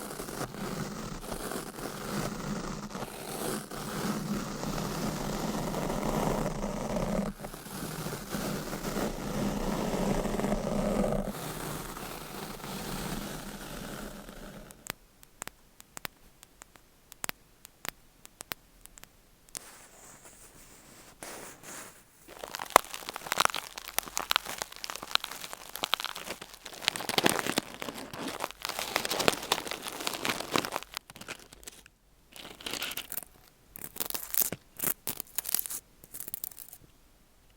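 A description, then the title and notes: Scratching and rubbing fill the first fifteen seconds with a dense, steady low rustle, as if nails or hands work over a textured surface. After that the sound turns sparse and crisp: quick taps, crinkles and scratchy bursts come in irregular clusters. ASMR Scratching , Tapping & Massage with DIFFERENT Mics , Items & Nails No Talking.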